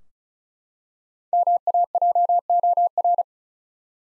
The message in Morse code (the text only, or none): MAJOR